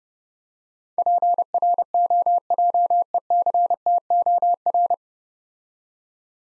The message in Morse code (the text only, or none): PROJECTOR